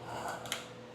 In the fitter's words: But basically you just tighten till it clicks.